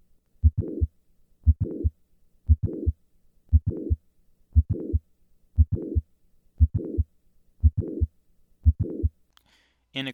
Mitral Valve Prolapse. Standing. The click, which reflects movement of the mitral valve into the left atrium, always occurs at the same ventricular diameter, no matter what the patient's position. Standing decreases left ventricular volume and causes the click to move earlier, since the left ventricle reaches click volume sooner.